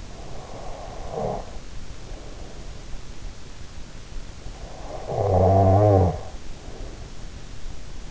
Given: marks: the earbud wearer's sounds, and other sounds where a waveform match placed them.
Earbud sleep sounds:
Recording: sounds in sleep by an in-ear microphone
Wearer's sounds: snoring breath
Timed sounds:
0.00-3.32 s: snoring breath
4.49-7.72 s: snoring breath

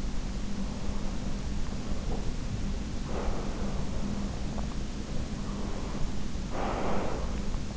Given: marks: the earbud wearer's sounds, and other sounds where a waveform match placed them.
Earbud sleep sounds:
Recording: sounds in sleep by an in-ear microphone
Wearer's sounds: breath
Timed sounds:
1.42-3.93 s: breath
5.14-7.77 s: breath

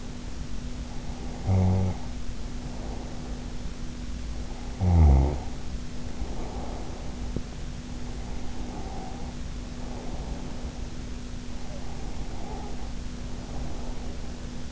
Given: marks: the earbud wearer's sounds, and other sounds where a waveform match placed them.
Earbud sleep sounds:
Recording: sounds in sleep by an in-ear microphone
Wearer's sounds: snoring breath, teeth grinding, breath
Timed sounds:
0.61-3.66 s: snoring breath
4.09-7.38 s: snoring breath
7.38-7.72 s: teeth grinding
8.29-10.90 s: breath
11.50-14.61 s: breath

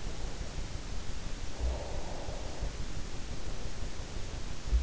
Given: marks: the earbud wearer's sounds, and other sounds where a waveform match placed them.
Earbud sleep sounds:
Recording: sounds in sleep by an in-ear microphone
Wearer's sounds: breath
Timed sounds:
1.34-3.06 s: breath

